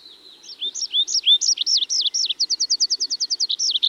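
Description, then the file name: Tree pipit song: rising and falling whistled notes that change into a rapid, evenly repeated trill of short high notes. "Tree Pipit (Anthus trivialis)"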